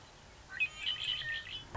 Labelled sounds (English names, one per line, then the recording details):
Red-winged Blackbird
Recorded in Sonoma County, California